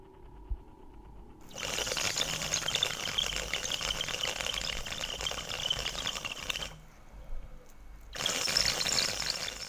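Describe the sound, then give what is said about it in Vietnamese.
A bamboo water pipe (điếu cày) bubbles as an old man takes long draws of smoke at night, a dense rattling hiss that runs for about five seconds, breaks off briefly, then starts again. No voices. “Tiếng điếu cày của ông vang lên giữa mặt đêm tịch mịch.”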